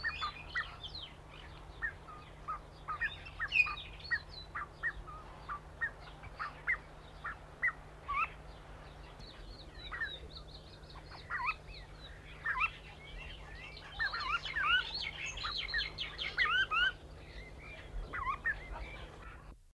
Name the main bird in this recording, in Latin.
Calidris canutus